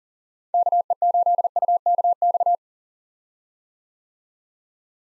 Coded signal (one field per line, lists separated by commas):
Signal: Morse code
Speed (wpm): 40 wpm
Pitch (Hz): 700 Hz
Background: none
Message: KE8UKX